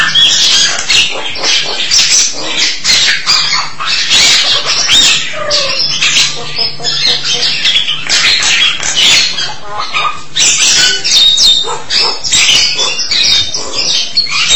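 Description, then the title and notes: Starling in a dense, continuous stream of scratchy chatter, rasping notes and brief whistles. "suara burung jalak"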